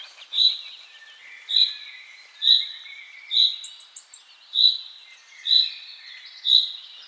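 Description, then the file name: Common chaffinch calling steadily, a sharp bright note about once a second, seven times, with a brief high twitter near the middle. "Fringilla coelebs"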